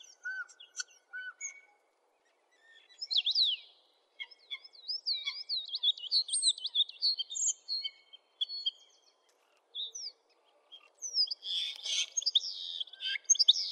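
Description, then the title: Oriental magpie-robin song, varied high whistles and chattering phrases in bursts with short pauses, a harsher burst near the end. "Kicau Kacer"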